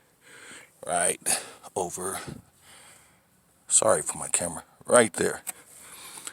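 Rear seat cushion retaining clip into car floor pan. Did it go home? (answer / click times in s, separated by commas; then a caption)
yes / 6.3 s. On a 1998 Toyota Corolla, during a fuel pump replacement, the rear seat cushion is slid in at an angle and pressed down over its retaining clip into the car floor pan on the second side while someone talks. One sharp click is heard at 6.3 seconds as the clip snaps into place and the cushion is seated.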